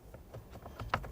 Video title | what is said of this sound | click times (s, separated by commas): How to Replace Blower Motor 2010-2013 Ford Transit Connect | Slide it in, listen for a click. | 0.9 s